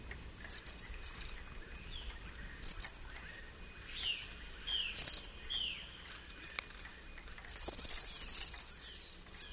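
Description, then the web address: Tropical kingbird giving bursts of high, sharp twittering notes, with a longer chattering trill near the end, over a steady high insect drone with a few lower slurred notes. Recorded in the eastern lowlands of South America. "Natures Songs S America Eastern Lowlands. Tropical Kingbird"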